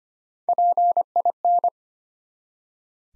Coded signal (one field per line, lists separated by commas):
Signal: Morse code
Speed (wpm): 26 wpm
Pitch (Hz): 700 Hz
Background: none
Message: PIN